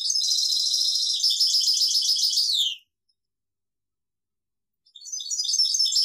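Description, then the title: European goldfinch song: a long, dense, high twittering phrase slides down at the end, then after a gap of about two seconds the twittering resumes. "Chant Chardonneret"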